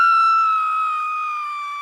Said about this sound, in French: Allons-y avec la petite madame qui crie, puis on vient tout de suite.